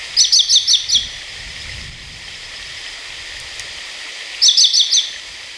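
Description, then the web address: Chiguanco thrush singing two quick high phrases of four or five sharp repeated notes, separated by a long pause, with constant rushing noise behind. Ecuador. "S America Birds of Ecuador. Chiguanco Thrush"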